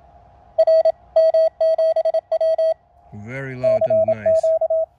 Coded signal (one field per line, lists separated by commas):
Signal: Morse code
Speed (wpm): 28 wpm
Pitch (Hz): 660 Hz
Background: speech, radio noise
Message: R M7W CQ